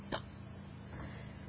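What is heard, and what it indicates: A single sharp, abrupt hiccup sounds at the start, followed by a much fainter catch about a second later, over a steady low hum. These are brief, painful, involuntary morning hiccups in an adult, with no speech.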